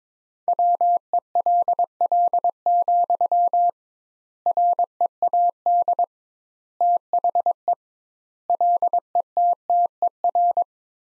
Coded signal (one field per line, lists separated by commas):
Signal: Morse code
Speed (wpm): 21 wpm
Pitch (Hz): 700 Hz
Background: none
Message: WELL, READ THE LETTER